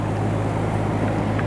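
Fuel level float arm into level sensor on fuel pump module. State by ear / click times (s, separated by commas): not seated / none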